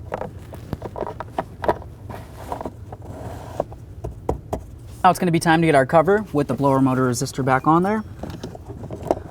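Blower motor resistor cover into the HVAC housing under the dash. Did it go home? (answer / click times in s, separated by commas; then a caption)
yes / 9.1 s. On a 2008–13 Mazda 3, the plastic cover holding the blower motor resistor is lined up under the dash and pushed up into the HVAC housing while someone talks, with scattered sharp handling taps and clicks. The top of the cover clips into place at 9.1 s, and it is seated.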